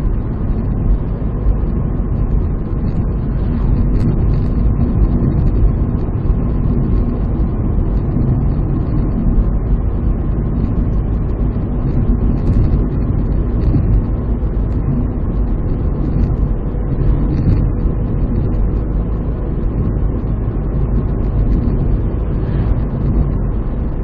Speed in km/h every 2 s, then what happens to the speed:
71, 71, 73, 73, 73, 73, 74, 74, 72, 73, 76, 76.
0-24 steady at about 73.